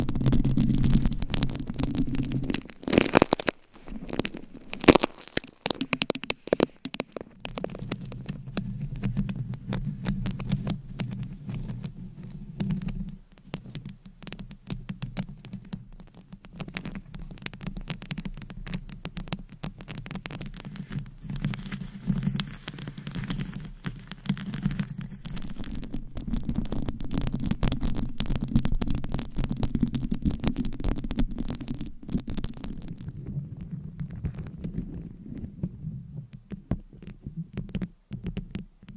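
Scratching and tapping sounds shift every few seconds, with dense scratchy crackle early on and several sharp taps around three to six seconds. A low, rumbling rubbing sound runs through most of the clip, like massage strokes, thinning out near the end.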